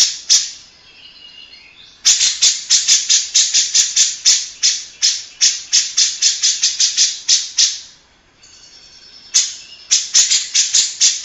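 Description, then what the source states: Grey-cheeked bulbul delivering long runs of scratchy, rattling notes, several per second, separated by short gaps with faint whistles. Long-duration master song, played to train other birds.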